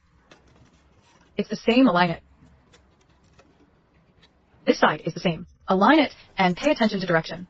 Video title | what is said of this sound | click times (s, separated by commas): Portable Fingerboard Obstacles Kit - DIY Modular Skate Park Set for Mini Boards -(E)Large ramp step | bit, it will snap into place. Then it's the same on this side. | 0.3 s